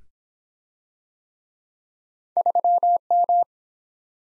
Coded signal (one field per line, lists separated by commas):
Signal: Morse code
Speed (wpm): 24 wpm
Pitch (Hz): 700 Hz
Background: none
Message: 3M